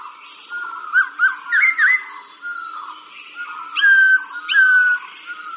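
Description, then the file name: Laughingthrush song: whistled notes held near one pitch, with several louder slurred whistles rising and falling. "tieng chim khuou hot"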